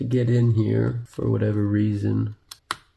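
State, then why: Seated. Someone talks as the second Crucial 16 GB SO-DIMM memory stick, harder to get in than the first, is pushed down into the upper slot of an Asus Strix G18 gaming laptop. A faint tick at 2.5 s is followed by a sharp snap of the retaining clips at 2.7 s, and the module is seated.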